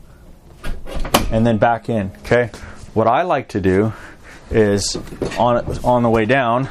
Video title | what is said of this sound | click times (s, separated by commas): 2022 Flagstaff Microlite 25BRDS Orientation | you'll see as I bring it down you'll see it lock into place you'll see it come out | 1.1 s